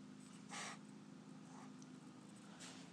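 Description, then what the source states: Domestic cat huffing, a few short breathy puffs of air over a steady low hum. Manx cat named Stubby huffing at his owner while cleaning himself.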